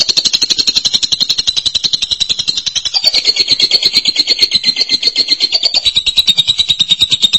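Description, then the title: Lovebird delivering one unbroken, fast, rattling trill at high pitch, the pulses steady and the tone wavering slightly throughout. "BM Suara Burung Lovebird"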